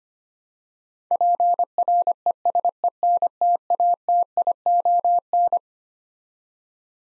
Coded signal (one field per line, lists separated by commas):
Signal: Morse code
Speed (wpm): 25 wpm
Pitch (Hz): 700 Hz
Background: none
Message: PRESENTATION